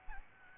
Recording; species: mosquito wingbeat signal from an infrared sensor; Aedes albopictus